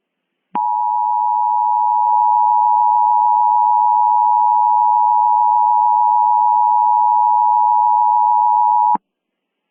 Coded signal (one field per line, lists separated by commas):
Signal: Emergency Alert System (SAME) tones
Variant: 853 and 960 Hz attention tone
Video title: #10 EAS Mock: The Headless Horsemen (Halloween Special 2023)